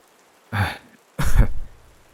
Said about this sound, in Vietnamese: khó nhọc cất tiếng, vừa nói vừa ho.